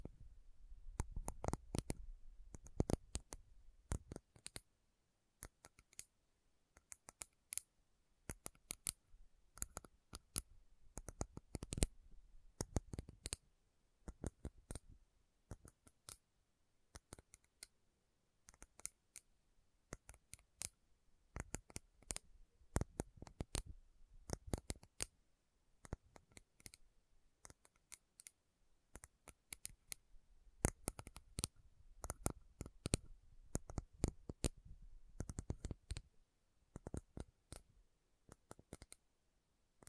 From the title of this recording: Slow Tapping Metal Sounds